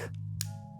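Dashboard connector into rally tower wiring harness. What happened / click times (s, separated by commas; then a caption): The wiring connector clicked home / 0.4 s. A dashboard wiring connector on a 2026 Husqvarna 701 Rally Kit is pushed straight, not sideways, into its socket on the rally kit tower wiring harness, since going in crooked could ruin the pins. Over a steady low hum, a faint tick at 0.1 s comes before one sharp, bright click at 0.4 s. The connector is heard clicking home and is seated.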